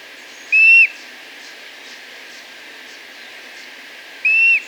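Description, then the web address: Streak-throated bush-tyrant repeating a clear, level whistle twice, the notes almost four seconds apart, each short and ending in a slight fall; soft hiss between. Recorded in Ecuador. "Birds of Ecuador 3. Streak-Throated Bush-Tyrant"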